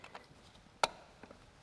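A greased spark plug wire end is pushed into its tower on the distributor cap of a Ford 2000, 3000 or 4000 tractor. It snaps into place with one sharp, loud click at 0.8 seconds, surrounded by a few faint small taps. The wire is seated.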